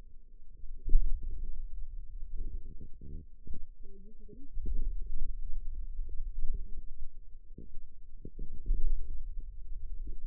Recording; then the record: forearm muscle sounds (acoustic myography)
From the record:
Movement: pen grasping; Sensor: system 2, bracelet of six BSWA MPA416 microphones around the upper forearm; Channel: 2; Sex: female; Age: 21 years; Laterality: right